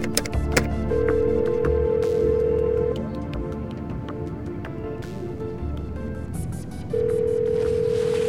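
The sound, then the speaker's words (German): A steady, low-pitched dial tone from a satellite telephone by an airplane hums for a couple of seconds, then breaks into a series of short dialing clicks and beeps before the tone returns. No one speaks. “Entschuldigen Sie mich kurz, ich muss telefonieren. Vor einem Flugzeug gibt es ein Satellitentelefon.”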